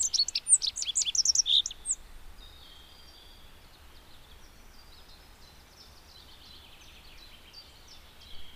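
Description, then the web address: Rock bunting song, a two-second burst of fast, high, sharp notes, then faint thin chirping under steady background hiss. "agykontroll Madardalok Cd 2. Bajszos sármány"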